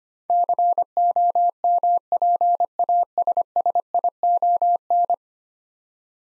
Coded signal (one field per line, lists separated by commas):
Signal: Morse code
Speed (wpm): 25 wpm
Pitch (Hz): 700 Hz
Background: none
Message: COMPASSION